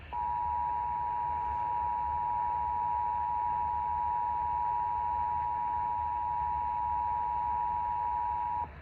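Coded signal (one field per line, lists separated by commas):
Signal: Emergency Alert System (SAME) tones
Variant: 853 and 960 Hz attention tone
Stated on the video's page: Tornado Warning alert aired on WBAP AM radio.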